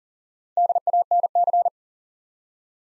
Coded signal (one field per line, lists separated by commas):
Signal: Morse code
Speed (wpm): 40 wpm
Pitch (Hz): 700 Hz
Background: none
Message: DANC